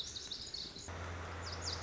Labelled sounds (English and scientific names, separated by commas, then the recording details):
Lazuli Bunting (Passerina amoena)
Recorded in Sonoma County, California